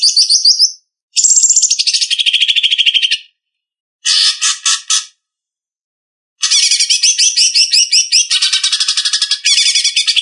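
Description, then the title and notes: Leafbird singing dense high chattering trills and rapid repeated notes in four bursts separated by short pauses. "Cucak Ijo"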